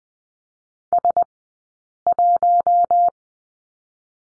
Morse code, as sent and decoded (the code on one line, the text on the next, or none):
... .----
S1